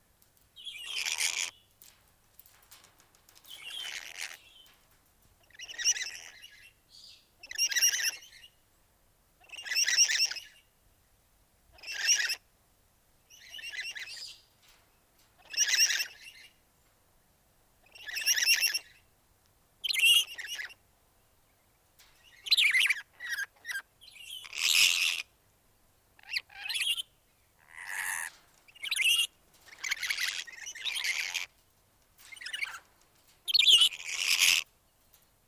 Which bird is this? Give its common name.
Yellow-bibbed Lory